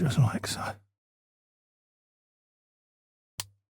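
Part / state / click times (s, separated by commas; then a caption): plastic model part into 1:8 scale model car body / seated / 3.4 s. Someone talks briefly, then after about 2.5 seconds of silence a sharp click at 3.4 seconds marks a plastic part of a 1:8 scale 1966 Batmobile model car being pressed into its location on the body. The part snaps home and is seated in place.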